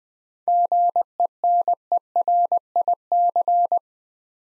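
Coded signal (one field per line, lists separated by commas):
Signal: Morse code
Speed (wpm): 20 wpm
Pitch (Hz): 700 Hz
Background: none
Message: GENERIC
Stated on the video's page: Morse practice at 20 wpm: seven-letter words for head-copy, each sent twice with spoken hints between.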